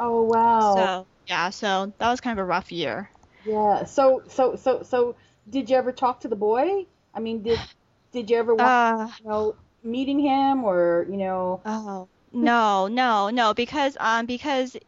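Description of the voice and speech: Conversational speech from an adult with repeated whole-word repetitions ("so, so, so, so" and "no, no, no") and several stretched sounds and pauses mid-phrase. The voice is clear and steady between these breaks. This is stuttering, a fluency disorder marked by repetitions and prolongations.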